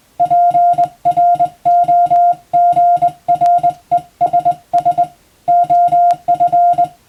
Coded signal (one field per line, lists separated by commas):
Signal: Morse code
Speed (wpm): 21 wpm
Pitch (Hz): 700 Hz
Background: music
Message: PROGRESS OF